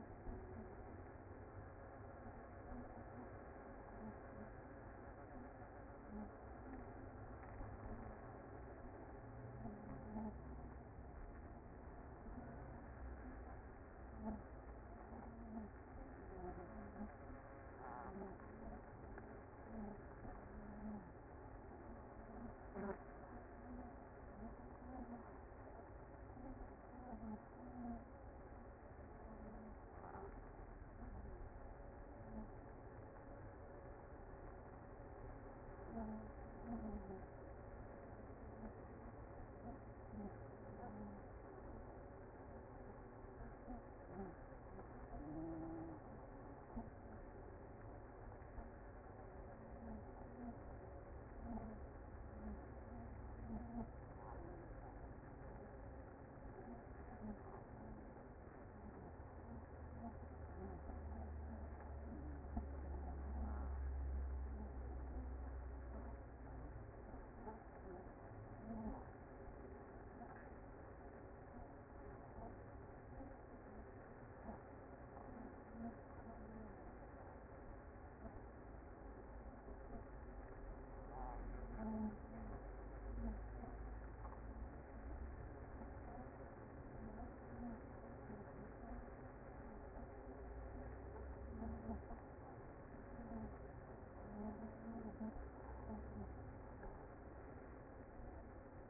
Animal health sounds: honeybee colony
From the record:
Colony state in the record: active

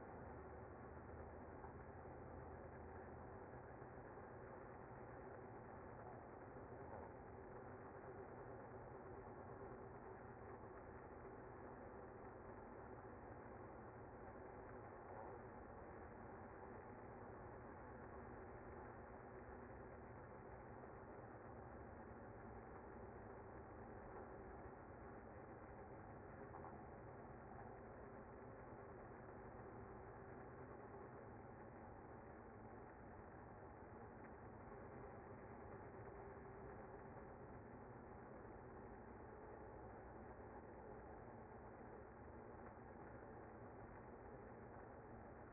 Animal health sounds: honeybee colony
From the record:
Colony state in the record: active

